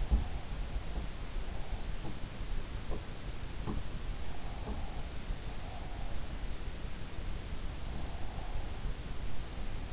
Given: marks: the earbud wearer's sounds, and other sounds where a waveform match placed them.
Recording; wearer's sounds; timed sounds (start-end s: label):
sounds in sleep by an in-ear microphone; teeth grinding
0.00-0.33 s: teeth grinding
1.94-2.18 s: teeth grinding
2.86-3.06 s: teeth grinding
3.55-3.85 s: teeth grinding
4.54-4.90 s: teeth grinding